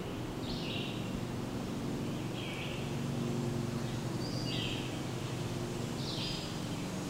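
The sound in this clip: Hooded warbler song, short clear whistled phrases that drop in pitch, repeated at intervals of about a second or two over a low, steady background hum.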